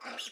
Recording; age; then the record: pig call; piglet (1 to 25 days)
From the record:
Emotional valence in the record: negative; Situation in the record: restrain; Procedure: in the arms of a person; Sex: female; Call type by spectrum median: high-frequency call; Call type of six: mixed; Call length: 0.32 s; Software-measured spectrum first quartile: 1210 Hz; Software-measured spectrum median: 2609 Hz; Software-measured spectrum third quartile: 3759 Hz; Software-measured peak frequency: 2849 Hz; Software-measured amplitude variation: 148 dB a second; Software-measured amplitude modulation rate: 14.0 a second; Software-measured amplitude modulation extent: 10.6 dB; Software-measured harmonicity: 0.7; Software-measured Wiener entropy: -1.47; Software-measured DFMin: 724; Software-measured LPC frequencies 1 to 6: 715, 1419, 2185, 2859, 3471, 5028 Hz